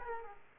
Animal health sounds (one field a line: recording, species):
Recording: mosquito wingbeat signal from an infrared sensor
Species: Aedes aegypti